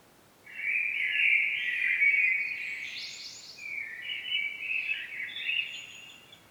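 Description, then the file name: Common blackbird song, with a sustained fluting phrase rising into a high twittering flourish, followed by a second softer warbled passage. "Turdus merula"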